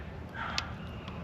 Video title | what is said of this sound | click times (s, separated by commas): Meet One Tour Lite Full Suspension Electric Trike | Heard the click. So, the parking um brake is engaged. | 0.6 s